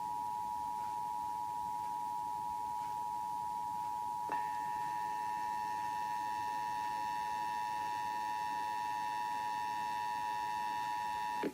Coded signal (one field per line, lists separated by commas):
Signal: Emergency Alert System (SAME) tones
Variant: 853 and 960 Hz attention tone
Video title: September 2 - November 21, 2012 EAS test compilation (EAS #24-29) (READ DESCRIPTION)